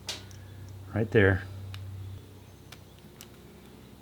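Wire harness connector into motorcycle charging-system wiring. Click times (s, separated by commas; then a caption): 0.1 s. A wire from an add-on charging-system harness (VFRness) is plugged into the electrical connector on a Honda CBR/VFR800 hybrid motorcycle, and it seats with a sharp click at 0.1 s. Someone briefly talks about a second later, followed by a low hum and a few faint ticks.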